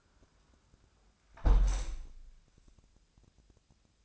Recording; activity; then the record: daily activity, microphone in the room; close window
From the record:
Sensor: 2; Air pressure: 1000.3 hPa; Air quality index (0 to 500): 125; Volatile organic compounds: 2 ppm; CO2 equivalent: 1051 ppm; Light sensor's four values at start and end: 12/32/12/14 and 11/31/12/14